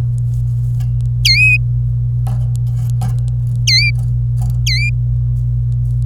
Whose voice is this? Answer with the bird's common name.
Domestic Canary